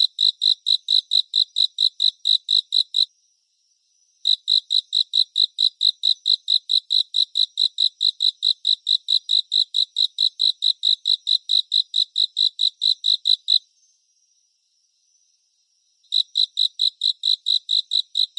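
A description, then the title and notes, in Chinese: A cricket chirps in fast, regular high-pitched pulses, with brief pauses near three and fourteen seconds, over near silence. 蟋蟀演唱会。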